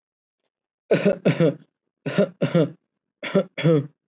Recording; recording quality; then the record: shallow voluntary cough; excellent, no background noise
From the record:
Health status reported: COVID-19 positive, mild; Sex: male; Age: 24 years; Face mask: not worn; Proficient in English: yes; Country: India